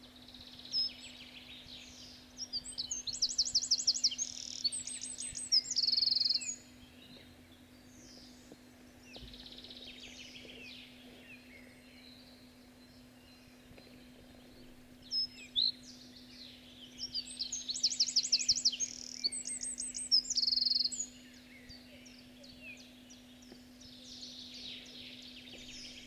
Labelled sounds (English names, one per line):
Common Chaffinch